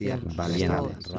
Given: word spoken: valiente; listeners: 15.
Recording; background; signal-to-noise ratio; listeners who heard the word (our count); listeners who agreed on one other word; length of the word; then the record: one Spanish word in noise, from a listening test; four-talker babble; 0.8 dB; 2 of 15; 7 of 15; 0.79 s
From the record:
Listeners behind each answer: 7, 2, 1, 1, 1, 1, 1, 1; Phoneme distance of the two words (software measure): 7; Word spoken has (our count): 3 syllables, 8 phonemes, stress on syllable 2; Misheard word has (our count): 3 syllables, 9 phonemes, stress on syllable 2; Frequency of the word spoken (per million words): 14.50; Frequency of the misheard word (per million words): 4.02